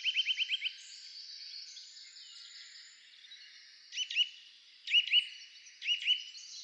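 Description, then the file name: Eurasian nuthatch with one rapid run of piping notes at the start, then a few short paired notes later. "Sitta europaea"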